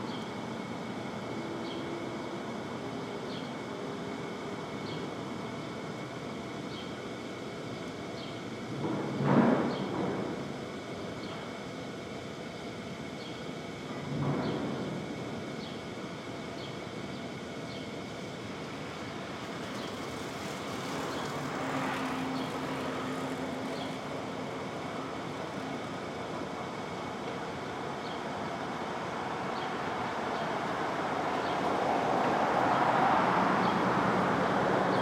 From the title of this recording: Brooklyn Dawn, 4 - 17 - 20, Street Traffic, Open Air